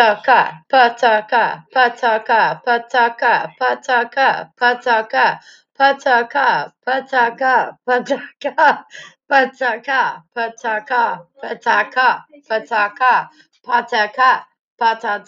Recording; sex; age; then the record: repeated syllables /pa ta ka/; female; 30 to 39 years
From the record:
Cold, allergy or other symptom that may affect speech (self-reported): no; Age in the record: 38 years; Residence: Texas, United States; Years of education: 15